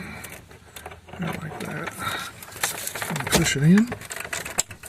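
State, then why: Seated. A plastic stalk switch wiring connector on a 2002 GMC Sierra, part of a tow/haul mode stalk switch repair, has its locking tabs lined up and is pushed into its mating connector while someone talks. There are light handling clicks and rattles, then a sharp click at 4.6 seconds as the connector latches and seats.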